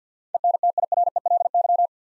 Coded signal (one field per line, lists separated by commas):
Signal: Morse code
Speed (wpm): 50 wpm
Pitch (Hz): 700 Hz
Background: none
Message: ENTIRELY